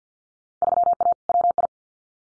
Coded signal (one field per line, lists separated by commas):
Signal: Morse code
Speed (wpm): 50 wpm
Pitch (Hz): 700 Hz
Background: none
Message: 3A WI